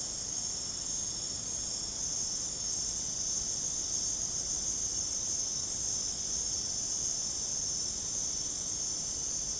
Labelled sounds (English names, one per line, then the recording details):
none
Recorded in secondary vegetation near Puerto Asís, Putumayo, Colombia, on 20 December 2024 at 22:00
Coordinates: 0.489, -76.322
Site G059